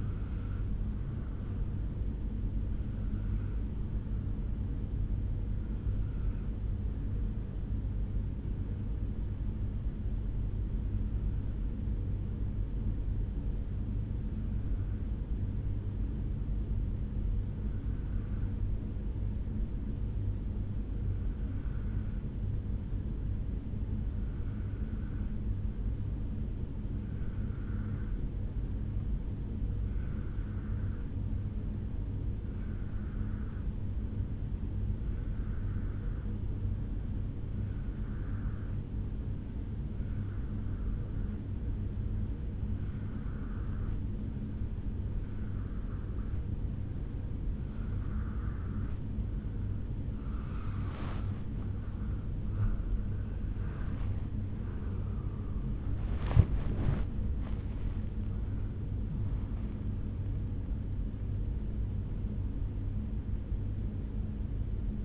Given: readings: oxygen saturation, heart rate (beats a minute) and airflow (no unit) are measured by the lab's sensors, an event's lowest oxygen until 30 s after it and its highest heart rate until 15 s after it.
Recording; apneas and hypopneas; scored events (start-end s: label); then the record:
breathing in sleep by a smartphone at the bedside; 1
14.00-53.10 s: obstructive apnea (N2, oxygen 95% highest, then 85% lowest, heart rate 55 at the start, 80 highest)
From the record:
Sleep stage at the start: N2 (light sleep); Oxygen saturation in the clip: 85 to 95%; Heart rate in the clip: 54 to 80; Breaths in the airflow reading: 6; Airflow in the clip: -7.8 to 7.6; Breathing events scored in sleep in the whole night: 449 in 7.0 hours asleep